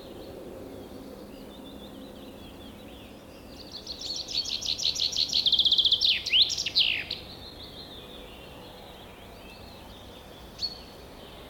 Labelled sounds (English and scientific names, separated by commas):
Common Chaffinch (Fringilla coelebs) song